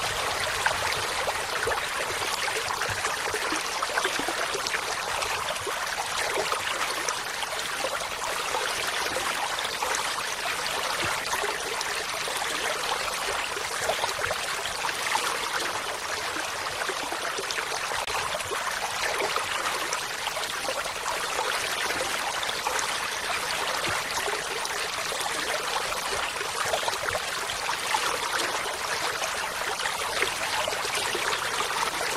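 Running water flows steadily for the whole clip, a dense, even rush of splashing and trickling with no pauses. The sound sits mostly in the bright middle and upper range, with little low rumble, and stays constant in loudness throughout.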